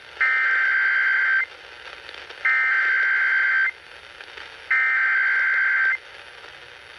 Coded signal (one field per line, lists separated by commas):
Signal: Emergency Alert System (SAME) tones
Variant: header bursts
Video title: EAS Compilation (EAS #471-476) + Code 3 Bonus (February 22, 2022).